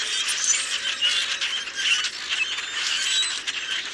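Common grackles chattering in a crowd, short creaky squeals and thin whistles tumbling over one another for a few seconds.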